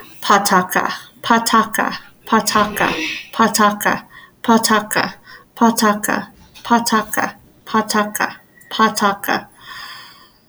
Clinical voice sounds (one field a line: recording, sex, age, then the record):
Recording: repeated syllables /pa ta ka/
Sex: female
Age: 30 to 39 years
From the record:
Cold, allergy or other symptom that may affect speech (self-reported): no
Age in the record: 36 years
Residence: Kansas, United States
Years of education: 12